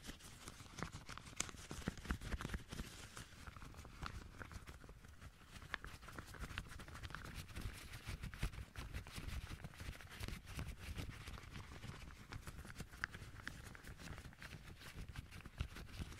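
Gloved hands rub, pat and flex in a dense, continuous run of soft rustles and dull taps, with no speech. The thumps land rapidly and unevenly, almost like clip-clopping, with a low thudding body and a crisp scratchy top throughout all sixteen seconds.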